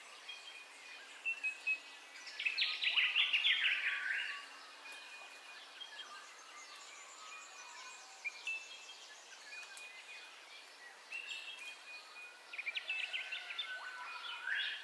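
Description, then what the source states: Birds singing at dawn: a rapid trilling song lasting about two seconds, then steady thin whistles and chirps, and another trill near the end. Dawn ambience of bird calls, recorded in stereo.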